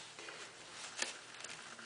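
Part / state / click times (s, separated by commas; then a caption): plastic snap stud into socket on cloth diaper / not seated / none. A reworked plastic snap stud on a cloth diaper, pushed back into shape with pliers, is pressed against its socket to test whether it still fastens. Over soft rustling and handling noise, brief light ticks are heard near 1.0 s and 1.5 s, but the snap does not catch and simply falls off, so nothing has seated or clicked.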